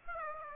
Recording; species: mosquito wingbeat signal from an infrared sensor; Aedes aegypti